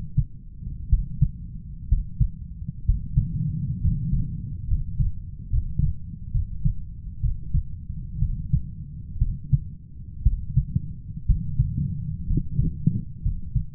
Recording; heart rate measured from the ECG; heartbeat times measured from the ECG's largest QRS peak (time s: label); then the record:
heart sounds by stethoscope; 63 bpm
0.89 s: heartbeat
1.88 s: heartbeat
2.85 s: heartbeat
3.80 s: heartbeat
4.67 s: heartbeat
5.49 s: heartbeat
6.31 s: heartbeat
7.20 s: heartbeat
8.18 s: heartbeat
9.18 s: heartbeat
10.22 s: heartbeat
11.25 s: heartbeat
12.26 s: heartbeat
13.22 s: heartbeat
From the record:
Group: healthy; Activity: rest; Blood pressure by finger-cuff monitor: 114/67 mmHg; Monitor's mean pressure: 79 mmHg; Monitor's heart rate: 62 bpm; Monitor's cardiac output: 7.2 L/min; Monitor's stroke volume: 117 mL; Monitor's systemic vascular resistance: 830 dyn s/cm5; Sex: male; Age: 23 years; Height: 178 cm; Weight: 96.6 kg